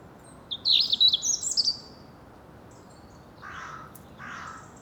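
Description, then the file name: European robin song of high, thin, sweet notes in a short tumbling phrase, followed by two softer, breathy, rushing sounds lower in pitch, over a background hiss. "Erithacus rubecula"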